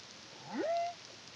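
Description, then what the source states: Humpback whale single song unit: a quick upward sweep leveling into a steady whistled tone, lasting about half a second, over faint hiss. Caribbean, CARIMAM project, 2023.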